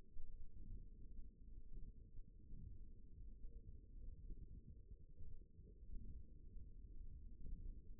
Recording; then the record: forearm muscle sounds (acoustic myography)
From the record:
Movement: tripod grip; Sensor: system 1, eight BSWA MPA416 microphones around the upper forearm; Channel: 1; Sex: male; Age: 54 years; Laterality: right